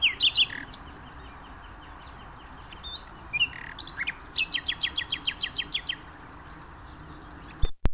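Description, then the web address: Common nightingale song: varied phrases of chirps and whistles, then a rapid run of loud, evenly spaced notes. "venezia guida usigno usignolo"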